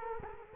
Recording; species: mosquito wingbeat signal from an infrared sensor; Culex quinquefasciatus